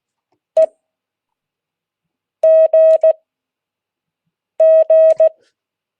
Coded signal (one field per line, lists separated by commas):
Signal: Morse code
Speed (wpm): 16 wpm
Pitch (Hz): 640 Hz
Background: none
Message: EGG